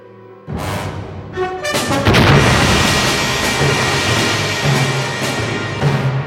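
meteorite impact explosion

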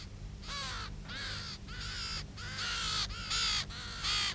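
ravens cawing

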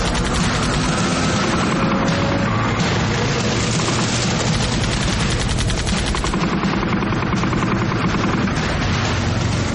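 gunfire

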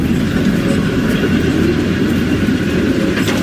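tram passing on rails

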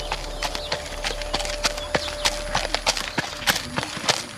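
horses moving

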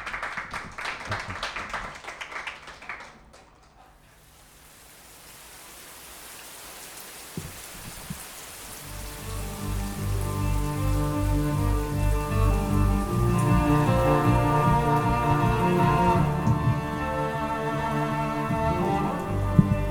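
audience applause

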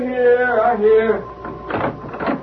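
door being opened

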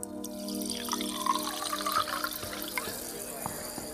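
water poured

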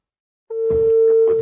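phone line tone

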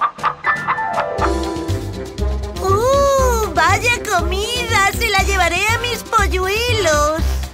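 hen clucking

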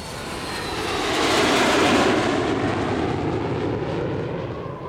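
airplane engine

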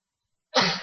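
sneeze

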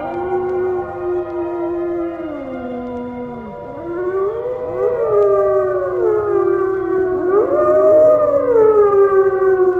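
wolves howling

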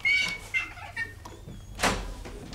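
chicken clucking

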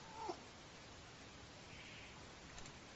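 cat meowing

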